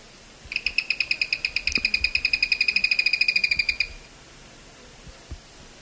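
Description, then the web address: Zimmer's tody-tyrant delivering a long, even trill of fast, high notes lasting over three seconds, then quiet background. Eastern lowlands of South America. "Natures Songs S America Eastern Lowlands. Zimmer's Tody-Tyrant"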